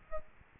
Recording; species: mosquito wingbeat signal from an infrared sensor; Aedes albopictus